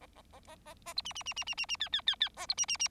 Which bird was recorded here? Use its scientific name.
Lonchura striata domestica